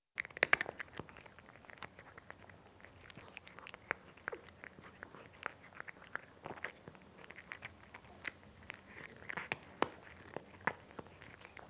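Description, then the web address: Cat eating: irregular crisp crunches and clicks of chewing scattered throughout, with a soft steady background hiss. "BBC Sound Effects Library. Cat Eating (Nice Crunchy Sound)"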